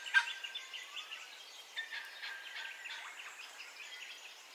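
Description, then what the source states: Birds in a dawn chorus, many overlapping chirps and thin whistles with one brief loud note near the start, over a steady hiss. Dawn birdcall ambience, in stereo.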